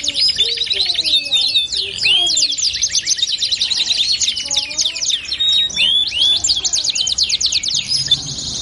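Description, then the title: Belgian canary song, busy overlapping high sweeps and trills from several birds, with softer lower chirping notes mixed in. Belgian canary song used to warm up canaries and prompt them to sing along within seconds. "Canto Para Esquentar Canário Belga. LANGSUNG NYAUT. Pancingan suara kenari hitungan detik langsung ikut bunyi"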